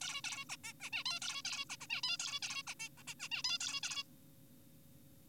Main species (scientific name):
Taeniopygia guttata